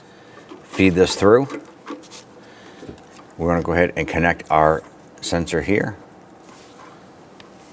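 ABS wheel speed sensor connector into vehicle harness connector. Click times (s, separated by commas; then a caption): 7.4 s. Someone talks while connecting the new front ABS wheel speed sensor's plastic electrical connector to the harness connector on a 2011-2021 Jeep Grand Cherokee. It is pushed in until it seats with a single short click at 7.4 s.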